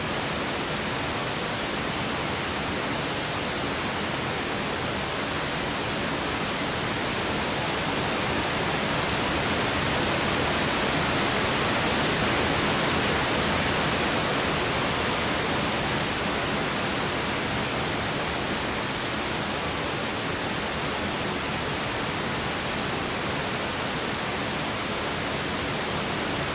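Steady pink noise, a dense, even hiss with a soft, deeper tone that holds without change, swelling barely louder around the middle.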